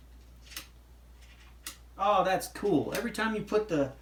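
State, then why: Seated. A single-shot tray is put into the breech of an air rifle, and a small magnet pulls it into position with a click at 1.7 s, seating it. A fainter tick comes just before at 0.6 s, and then someone talks.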